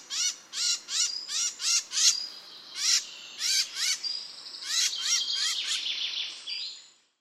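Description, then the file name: Eurasian blackcap calls: hard, clicking notes repeated in an uneven series, with a few thin high whistles between them. "Sylvia atricapilla"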